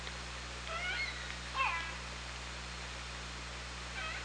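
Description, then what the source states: Orca calls: a burst of bending whistled calls with harmonics, a second sharper call soon after, and a faint call at the end, over constant hiss and low hum. Recorded by OrcaLab on 24 August 2017.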